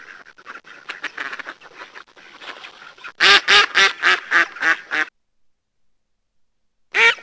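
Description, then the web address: Mallard quacking: a soft, low run of chattering quacks, then a loud burst of about seven harsh quacks in quick succession, a pause, and one more loud quack. "krzyzowka"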